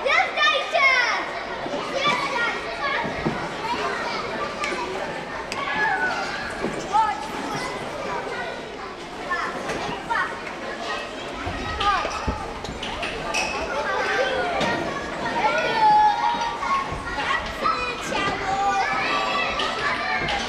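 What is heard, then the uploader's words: Many children chatter, call out and laugh together in a dense, steady crowd of voices through the whole stretch, with brief higher shouts now and then. Occasional thuds, like a ball bouncing, sound. Holiday Children Ambience. Ambient noise of children in the background during the holidays.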